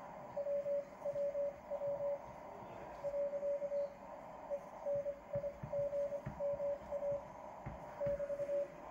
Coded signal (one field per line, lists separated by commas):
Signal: Morse code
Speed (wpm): 26 wpm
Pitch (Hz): 570 Hz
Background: none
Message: WWW.ENIGMA <BT>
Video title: Enigma Reloaded event at the RSGB National Radio Centre